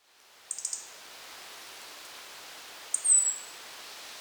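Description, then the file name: European robin calls: a quick run of three sharp ticks, then one thin, high, slightly falling seep note about two seconds later, over a steady soft hiss. "Erithacus rubecula"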